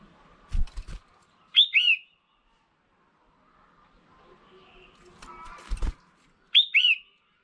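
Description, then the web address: Red-whiskered bulbul giving two bright two-note whistled phrases, each preceded by a cluster of clicks and taps. Female bird. "tieng chao mao mai. tieng dong vat"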